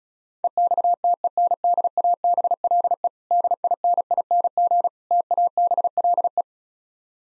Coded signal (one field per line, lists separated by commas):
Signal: Morse code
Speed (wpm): 36 wpm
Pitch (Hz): 700 Hz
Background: none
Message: EXTENDABLE DINING TABLE